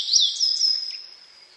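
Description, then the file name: Grey bunting song fragment: a few high sweet notes followed by a long, thin, steady whistle that slowly fades away. "kuroji"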